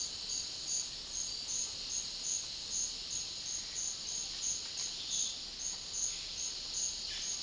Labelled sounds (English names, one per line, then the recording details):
none
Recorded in dense forest near Puerto Asís, Putumayo, Colombia, on 19 February 2024 at 09:30
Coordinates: 0.500, -76.322
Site G6465